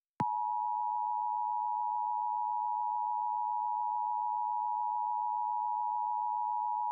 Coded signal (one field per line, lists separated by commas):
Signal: Emergency Alert System (SAME) tones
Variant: 853 and 960 Hz attention tone